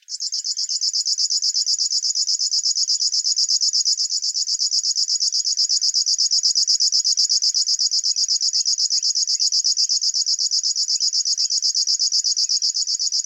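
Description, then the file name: River warbler song: a steady, high buzz of fast even pulses, unbroken throughout, with a few faint chirps in the background. "Schlagschwirl - Locustella fluviatilis"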